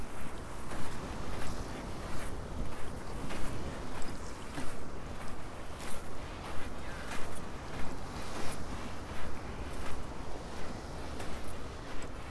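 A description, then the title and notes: A walk along a coastal path, with steady footfalls crunching roughly every half second throughout. A dense, low rumble of wind buffets underneath the whole time, uneven, with no other distinct sounds standing out. Today's walk is from Seaton to Portwrinkle along the South West Coast Path.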